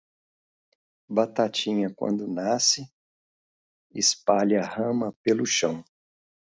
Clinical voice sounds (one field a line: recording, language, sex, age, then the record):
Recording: short text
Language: Brazilian Portuguese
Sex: male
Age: 50 to 59 years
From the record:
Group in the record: control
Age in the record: 56 years